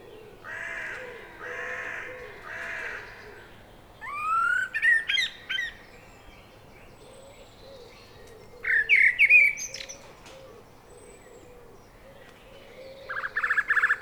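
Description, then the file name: Eurasian blackbird song: several phrases of fluty whistled notes with thin, high squeaky twitters, separated by short pauses. "Turdus merula"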